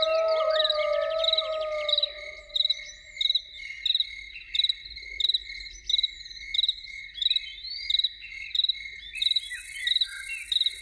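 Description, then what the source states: Loon giving a long, steady, low mournful wail with a faint higher overtone for about two seconds, over a constant chorus of crickets pulsing in rhythmic bursts. Evening soundscape with loons.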